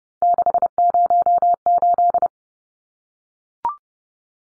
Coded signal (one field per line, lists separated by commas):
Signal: Morse code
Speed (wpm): 30 wpm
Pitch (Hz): 700 Hz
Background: none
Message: 608